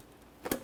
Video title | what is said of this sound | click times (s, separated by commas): How to Replace Downstream O2 Sensor 2001-2005 Ford Explorer Sport Trac | listen for a click give it a tug to make sure it's completely secure | 0.5 s